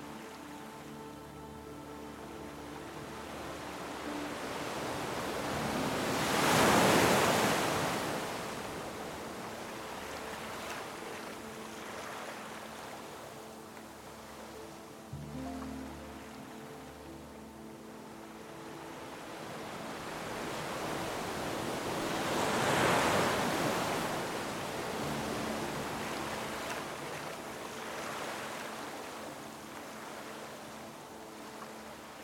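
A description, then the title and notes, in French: Soothing ocean waves roll in slowly, with two large swells building and breaking around seven and twenty-three seconds into a wash of hiss. Between them the surf settles to a softer rush, while low, steady tones hum underneath throughout. VAGUES Apaisantes et MELODIE Sereine. Le murmure des vagues et les harmonies douces se mêlent. Vagues apaisantes de l'océan.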